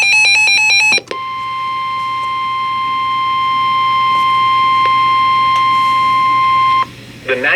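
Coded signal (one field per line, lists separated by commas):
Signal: Emergency Alert System (SAME) tones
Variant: 1050 Hz attention tone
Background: speech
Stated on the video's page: Severe thunderstorm and tornado watches, severe thunderstorm warnings and a special marine warning for North Florida and nearby coastal waters.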